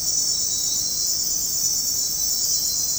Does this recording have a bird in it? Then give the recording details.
no. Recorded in dense forest near Puerto Asís, Putumayo, Colombia, on 21 February 2024 at 01:30. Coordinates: 0.503, -76.322. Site G6418